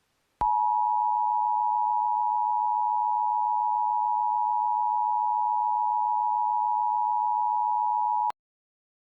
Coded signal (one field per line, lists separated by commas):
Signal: Emergency Alert System (SAME) tones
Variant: 853 and 960 Hz attention tone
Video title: EAS test